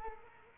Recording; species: mosquito wingbeat signal from an infrared sensor; Culex quinquefasciatus